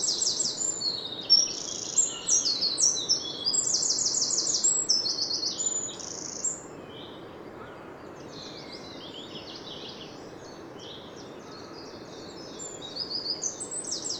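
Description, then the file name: Eurasian wren song, a loud run of piercing high notes and rattling trills for about six seconds, then a quiet spell before a softer phrase resumes near the end. "Troglodytes troglodytes"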